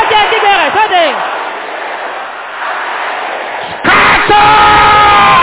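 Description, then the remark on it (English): A crowd shouts loudly together, many voices yelling and whooping in a sustained roar, with rising and falling cries at the start and a fresh surge of shouting near the end. “Can I hear you shouting loud?”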